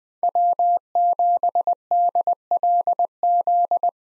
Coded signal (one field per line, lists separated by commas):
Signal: Morse code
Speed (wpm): 20 wpm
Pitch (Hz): 700 Hz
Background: none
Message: W7DLZ